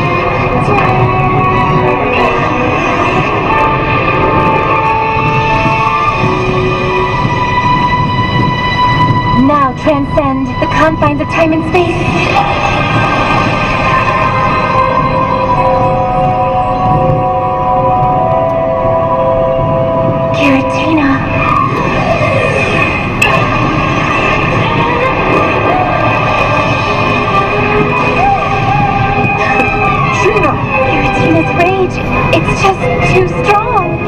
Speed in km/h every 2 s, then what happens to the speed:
112, 112, 112, 112, 111, 111, 111, 110, 110, 111, 111, 112, 112, 112, 112, 112, 112.
0-34 steady at about 112.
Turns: none.